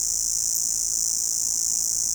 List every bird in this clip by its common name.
none